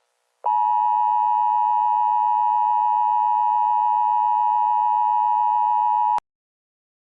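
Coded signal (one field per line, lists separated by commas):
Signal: Emergency Alert System (SAME) tones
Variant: 853 and 960 Hz attention tone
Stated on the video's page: Valid EAS tones in a fictional analog horror scenario.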